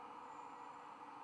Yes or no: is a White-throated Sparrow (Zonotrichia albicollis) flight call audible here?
no